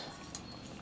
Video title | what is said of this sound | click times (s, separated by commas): Decathlon Quechua 4 Person Camp Cook set - Unboxing & Review - #decathlon #quechua #camping | இதை வந்து ஃப்ரண்ட்டில் push பண்ணிக்கோங்க. இப்போ ஃபுல் லாக் இது. | 0.3 s